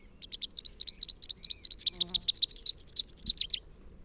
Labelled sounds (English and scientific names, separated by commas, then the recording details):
Rufous-capped Warbler (Basileuterus rufifrons) song
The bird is a male
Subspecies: rufifrons
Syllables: 42
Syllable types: 8
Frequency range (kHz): 2.1-7.5 kHz
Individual MO-NNS-M